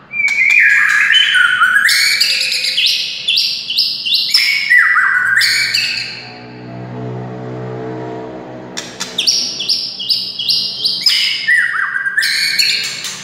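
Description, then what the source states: White-rumped shama song: rich descending whistled phrases broken by harsh buzzes, a quiet pause, then another burst of varied whistles and rasping notes. A wild forest bird.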